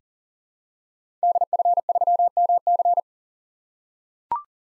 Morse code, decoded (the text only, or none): DF3MC